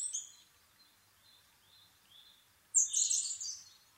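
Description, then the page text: Asian brown flycatcher: soft thin high whistles repeated a few times, followed by a loud burst of high scratchy twittering song. Nikko, Japan, 26 April 2011 at 4:39, altitude 730 m; Sony PCM-D50 with Panasonic WM-61A microphone. "kosamebitaki 20110426-0439. Muscicapa dauurica [Sounds -Nikko Today-]. 4/ 26 2011, 4:39 alt=730m"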